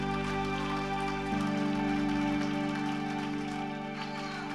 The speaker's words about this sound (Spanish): Bendito Dios. Fuerte, fuerte ese aplauso de alabanza al Señor. Aleluya.